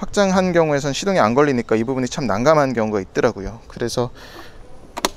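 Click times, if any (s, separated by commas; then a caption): 5.1 s. Someone talks about the expandable under-seat trunk of a BMW Motorrad C 400 X scooter, explaining that the engine won't start while the trunk is expanded. The expanded section is then folded back into the scooter body and latches closed with a sharp click at 5.0 s, returning the dashboard to normal so the engine can be started.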